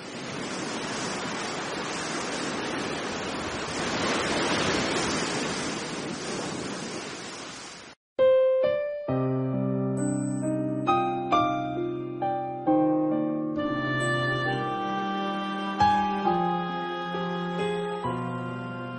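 A steady, hissing wash of calm sea waves at night rolls on for several seconds, then stops abruptly as soft melodic music with sustained tones takes over for the rest.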